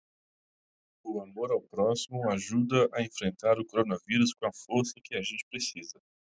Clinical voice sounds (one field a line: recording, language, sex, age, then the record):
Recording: spoken sentence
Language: Brazilian Portuguese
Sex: male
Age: 30 to 39 years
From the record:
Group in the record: control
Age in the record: 37 years